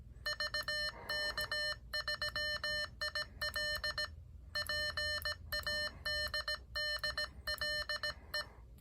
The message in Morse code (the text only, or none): VK3IL PADDLE